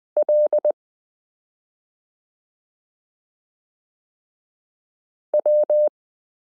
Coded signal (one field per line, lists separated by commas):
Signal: Morse code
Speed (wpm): 20 wpm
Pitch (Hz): 600 Hz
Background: none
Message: L W